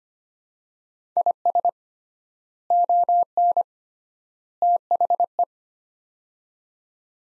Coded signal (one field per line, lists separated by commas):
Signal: Morse code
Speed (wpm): 25 wpm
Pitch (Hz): 700 Hz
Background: none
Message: IS ON THE